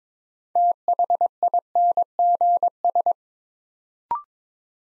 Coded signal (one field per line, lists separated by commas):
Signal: Morse code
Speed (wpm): 22 wpm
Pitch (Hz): 700 Hz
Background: none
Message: THINGS